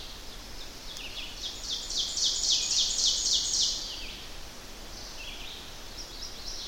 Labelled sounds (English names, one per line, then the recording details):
Ovenbird song
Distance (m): 20 m
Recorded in boreal forest in Alberta, Canada, on 10 June 2016 at 06:57
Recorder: SongMeter 3, array SBT-3-39
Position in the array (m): 195 m, 89 m
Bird 17